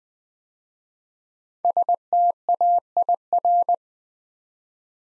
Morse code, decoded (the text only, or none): STAIR